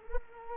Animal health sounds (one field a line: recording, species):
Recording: mosquito wingbeat signal from an infrared sensor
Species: Culex quinquefasciatus